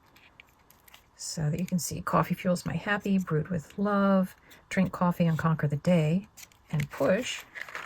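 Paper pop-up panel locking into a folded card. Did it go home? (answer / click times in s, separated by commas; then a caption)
no / none. Someone talks while pushing the paper pop-up mug panel of a folded greeting card to lock it open, with faint paper handling sounds before the talking starts and again near the end. The clip ends before the panel goes home; nothing has seated or clicked yet.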